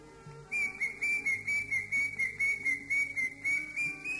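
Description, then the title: Greater green leafbird singing a series of even, clear whistled notes at one pitch, about three to four per second, over low background noise. "Kicau Burung Cucak Ijo"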